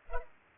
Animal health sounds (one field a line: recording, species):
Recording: mosquito wingbeat signal from an infrared sensor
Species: Culex pipiens